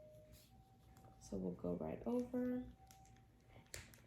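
Someone talks while a plastic colostomy pouch coupling ring is pressed over the skin barrier flange. A sharp click at 3.7 seconds shows that the ring has locked into place on the flange.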